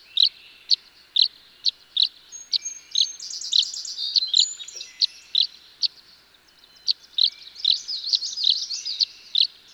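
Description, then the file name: Tree swallow chirps repeated at a steady beat, with a short rapid trill and bursts of jumbled twittering. "Tree Swallow"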